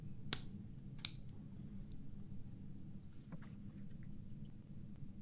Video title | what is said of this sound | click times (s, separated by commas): Pitower Gen 1 Elecrow : le boîtier compact pour Raspberry Pi 5 & Jetson Orin Nano | Donc vous le mettez en place, vous verrouillez les clips. Donc ça fait un petit clic et puis ça le ressort ce temps. | 0.3 s, 1.0 s